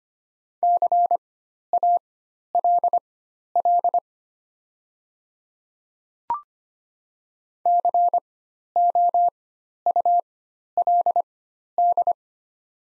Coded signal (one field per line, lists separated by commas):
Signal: Morse code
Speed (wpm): 25 wpm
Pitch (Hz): 700 Hz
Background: none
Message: CALL COULD